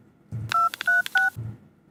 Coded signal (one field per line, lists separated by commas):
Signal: DTMF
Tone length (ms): 150 ms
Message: 236